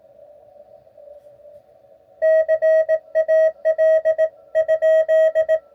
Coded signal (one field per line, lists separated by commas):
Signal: Morse code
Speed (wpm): 17 wpm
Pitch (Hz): 620 Hz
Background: music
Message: CAL?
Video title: POTA hunting with the Pebble HF QRP 20m radio kit.